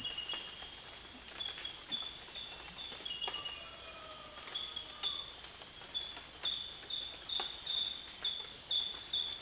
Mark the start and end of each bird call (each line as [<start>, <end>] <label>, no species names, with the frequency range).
[3.25, 5.29] bird call (0.3-2.0 kHz)